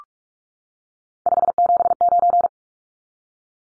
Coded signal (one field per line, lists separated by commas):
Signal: Morse code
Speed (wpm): 44 wpm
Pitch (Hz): 700 Hz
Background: none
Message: 579